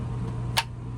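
An air filter frame is pushed into the return vent of a trailer's ducted RV air conditioner, and one sharp click at 0.6 s marks it seating into place. A low steady hum runs underneath throughout.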